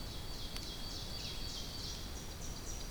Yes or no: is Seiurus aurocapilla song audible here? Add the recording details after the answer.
yes. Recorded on 2 June 2016 at 07:20. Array SBT-3-7